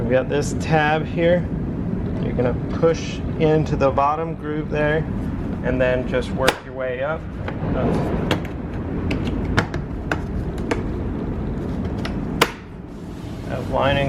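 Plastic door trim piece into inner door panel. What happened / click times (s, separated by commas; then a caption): The plastic trim clips snapped into place / 9.6 s, 10.1 s, 12.4 s. Someone talks while a plastic door trim piece on a 2013-2018 Toyota RAV4 is installed onto the inner door panel, its tab pushed into the bottom groove and the piece pressed in working upward. Sharp snaps of its plastic clips seating into the door are heard at 9.6, 10.1 and 12.4 seconds, and the trim piece ends up seated.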